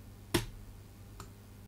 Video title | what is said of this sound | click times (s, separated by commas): MacBook Air Storage Upgrade from 128GB to 1TB NVMe SSD (Early 2015, Without losing data) | align the adapter and push the new ssd until it clicks into position | 0.4 s